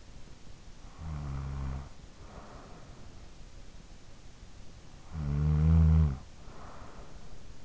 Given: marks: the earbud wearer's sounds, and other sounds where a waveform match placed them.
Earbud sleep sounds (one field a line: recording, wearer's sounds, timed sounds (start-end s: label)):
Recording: sounds in sleep by an in-ear microphone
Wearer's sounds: snoring breath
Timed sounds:
0.30-3.40 s: snoring breath
4.50-7.65 s: snoring breath